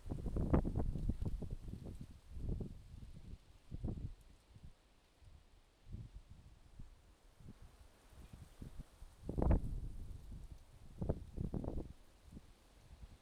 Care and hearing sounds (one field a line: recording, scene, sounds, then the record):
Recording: everyday scene through a hearing-aid microphone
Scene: wind on the microphone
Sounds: wind, traffic, birds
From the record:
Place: suburban garden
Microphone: in the ear canal, left